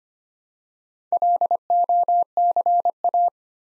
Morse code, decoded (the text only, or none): LOCA